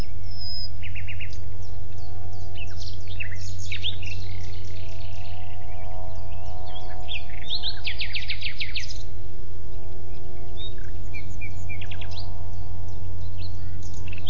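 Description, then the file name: Common nightingale singing a jumble of sharp notes, short trills and whistles in shifting phrases, over a constant low mechanical hum. "Luscinia megarhynchos"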